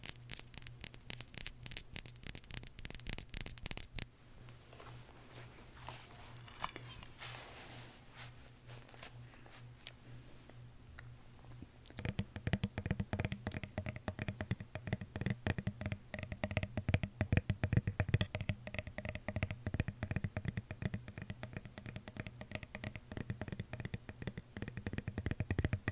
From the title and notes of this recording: ASMR Tapping For Sleep (No Talking).